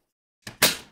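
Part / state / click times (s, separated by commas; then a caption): trigger assembly into airsoft rifle receiver / seated / 0.6 s. A NaMech Flux airsoft sniper trigger assembly is pushed into a Maple Leaf receiver against the resistance of the spring guide, making a light knock at 0.5 s and then a sharp, louder click at 0.6 s as it seats. The unit clicks into place, but the screw holes are not yet lined up because the spring guide pushes it slightly forward.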